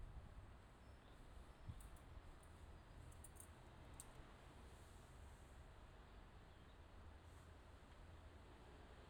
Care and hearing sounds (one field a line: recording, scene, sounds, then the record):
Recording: everyday scene through a hearing-aid microphone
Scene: wind on the microphone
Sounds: gentle breeze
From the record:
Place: parking lot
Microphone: in the ear canal, left